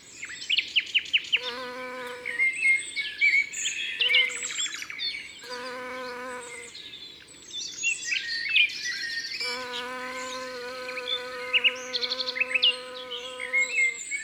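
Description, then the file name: Bumblebee buzzing in several low droning bursts, the longest near four seconds, under a dense chorus of chirping and trilling songbirds. Morning recording at Saint-Laurent-les-Bains, Ardèche, France. "Bourdon matinal Saint-Laurent-les-Bains Ambiances Sonores d Ardeche Studio Les Trois Becs"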